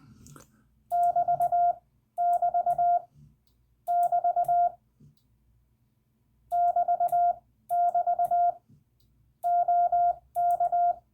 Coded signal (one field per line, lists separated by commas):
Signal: Morse code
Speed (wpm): 20 wpm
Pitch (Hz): 700 Hz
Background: none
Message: <BT><BT> <BT> <BT><BT> OK